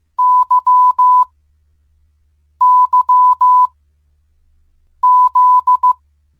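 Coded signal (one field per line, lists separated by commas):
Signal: Morse code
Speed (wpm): 15 wpm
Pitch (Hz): 1000 Hz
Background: none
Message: YYZ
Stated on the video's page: Morse code for the letters YYZ, Toronto Pearson Airport's code, played as the intro figure of a Rush instrumental in live performance.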